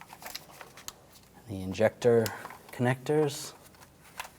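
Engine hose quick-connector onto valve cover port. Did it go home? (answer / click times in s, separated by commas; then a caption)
yes / 0.9 s. A hose quick-connector at the back of the valve cover on a 2008-2013 BMW 328i xDrive is lined up and pushed onto its port until it locks. Faint handling clicks lead up to a sharp snap at 0.9 s as the connector seats, and then someone talks.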